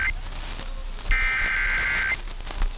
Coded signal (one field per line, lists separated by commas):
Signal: Emergency Alert System (SAME) tones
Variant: header bursts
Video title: EAS Hunting on KiwiSDR!